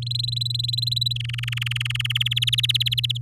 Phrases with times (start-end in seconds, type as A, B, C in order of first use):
0.02-1.13 A, 1.15-2.23 B, 2.25-3.17 C